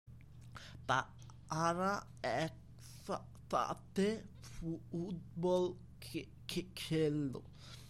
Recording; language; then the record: elicited speech; Bengali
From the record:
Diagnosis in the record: Broca's or global aphasia after a stroke